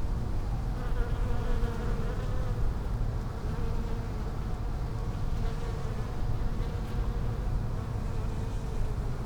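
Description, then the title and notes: Bees droning without pause, layered buzzing tones wavering gently in pitch above a constant low rumble. Bees in lavender in a hospital's palliative care garden in Brussels, Belgium; peaceful spot away from other pavilions; recorded with Sony PCM-M10 internal microphones. "Hôpital Brugmann, Place Arthur Van Gehuchten, Bruxelles, Belgique - bees in the palliative care services garden. Bees in the lavender from the palliative care service's garden. Abeilles dans la lavande, jardin du service de soins palliatifs"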